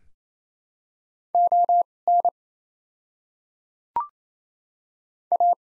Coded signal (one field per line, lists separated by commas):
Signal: Morse code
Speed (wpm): 28 wpm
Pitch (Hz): 700 Hz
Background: none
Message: ON A